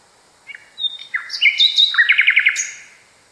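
Nightingale song: a varied phrase of whistles and slurred notes, ending in a quick run of repeated sharp chirps.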